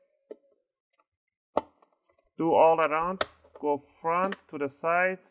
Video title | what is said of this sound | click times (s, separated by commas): Asus Vivobook X543b HDD to SSD Upgrade, Step By Step Guide!! | and then you want to just wiggle it around you're going to hear clicks | 0.3 s, 1.6 s